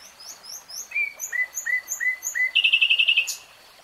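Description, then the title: Nightingale song: a series of repeated whistled notes, then a rapid buzzy trill. "[Tiếng chim hót] Nightingale Singing"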